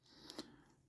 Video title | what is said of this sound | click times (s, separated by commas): Vid 672 Transformers SS Bumblebee Movie Deluxe Wheeljack | Get that all sort of lock into place. | 0.3 s, 0.4 s